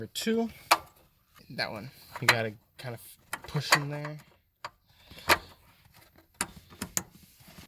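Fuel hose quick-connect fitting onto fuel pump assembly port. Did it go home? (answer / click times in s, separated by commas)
yes / 7.0 s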